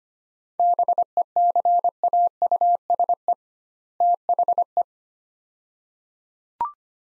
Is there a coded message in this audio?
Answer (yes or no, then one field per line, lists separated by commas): yes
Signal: Morse code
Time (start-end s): 0.6-4.8 s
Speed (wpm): 25 wpm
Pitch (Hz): 700 Hz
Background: none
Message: BECAUSE THE